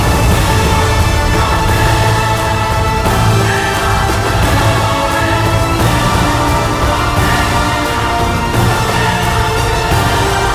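Epic orchestral music plays with the sound of a snowstorm, loud and dense from start to finish. Sustained chords and a deep low rumble hold steady, with hissing wind filling the top, and the texture shifts slightly around three and six seconds.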